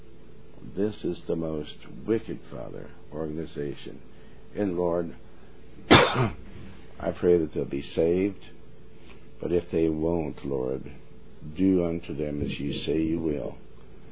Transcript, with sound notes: This is the most wicked, Father, organization, and Lord, (coughs) I pray that they'll be saved. But if they won't, Lord, do unto them as you say you will,